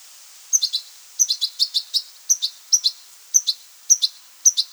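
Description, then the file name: European goldfinch calls, quick bright twittering notes in short clusters of two to four, repeated steadily throughout. "Carduelis carduelis"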